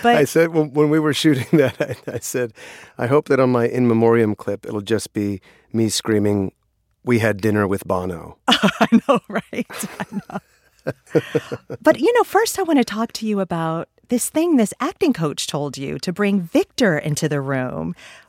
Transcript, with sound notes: I said - when we were shooting that, I said, I hope that on my in memoriam clip, it'll just be me screaming, we had dinner with Bono. I know, right? I know. (LAUGHTER) But, you know, first, I want to talk to you about this thing this acting coach told you - to bring Victor into the room.